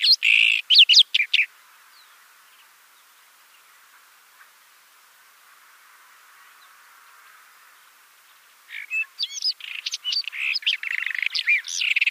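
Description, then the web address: White-throated robin song in two bursts: a brief scratchy phrase at the start, a long pause, then a longer chattering warble of quick varied notes near the end. "Schulze Peter White-throated Robin song"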